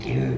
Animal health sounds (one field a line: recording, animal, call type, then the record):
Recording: contact call of a hoofed animal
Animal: pig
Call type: closed-mouth grunt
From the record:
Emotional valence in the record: negative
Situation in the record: short social isolation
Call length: 0.38 s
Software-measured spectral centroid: 1580 Hz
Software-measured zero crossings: 930 a second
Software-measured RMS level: -24 dBFS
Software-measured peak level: -13 dBFS